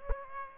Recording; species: mosquito wingbeat signal from an infrared sensor; Aedes aegypti